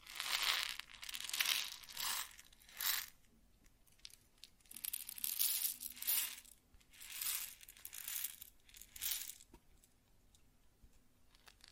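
Grain pours and shifts in repeated rustling, hissing bursts about a second long, with brief near-silent gaps and a faint low hum beneath.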